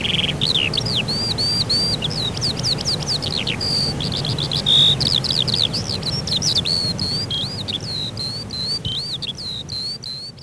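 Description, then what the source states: Eurasian skylark pouring out a long, varied, high warble of quick chirps, short whistles and trilled bits, steady and unbroken, against faint low background noise. Recorded in spring.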